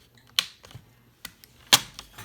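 A knife is worked behind the plastic front bezel of an HP ProBook 640G laptop screen, prying it off the display lid. The plastic retaining clips snap loose one after another with sharp pops at 0.4, 1.3, 1.4 and 2.0 seconds, and the bezel comes free.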